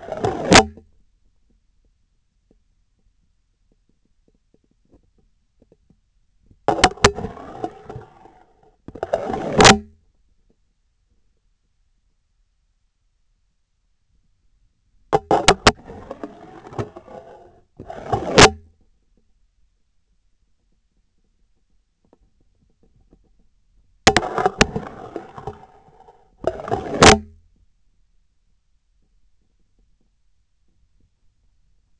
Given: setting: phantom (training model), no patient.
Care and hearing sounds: laparoscopic instrument, vibration sensor on the handle end; scissors; insertion and removal through the trocar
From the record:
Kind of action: spatial motion

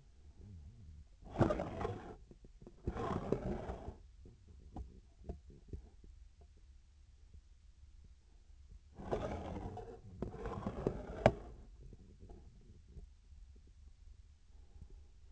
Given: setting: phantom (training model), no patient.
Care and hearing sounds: laparoscopic instrument, vibration sensor on the handle end; scissors; approaching and retracting movements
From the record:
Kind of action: spatial motion

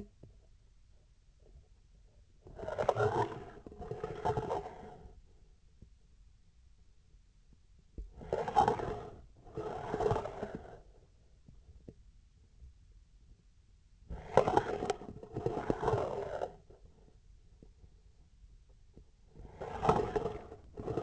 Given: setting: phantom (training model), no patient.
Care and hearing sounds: laparoscopic instrument, vibration sensor on the handle end; scissors; approaching and retracting movements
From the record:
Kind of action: spatial motion

